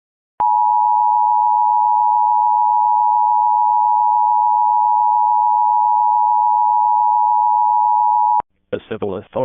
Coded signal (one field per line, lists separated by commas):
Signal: Emergency Alert System (SAME) tones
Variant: 853 and 960 Hz attention tone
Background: speech